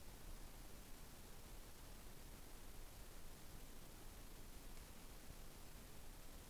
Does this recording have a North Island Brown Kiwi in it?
no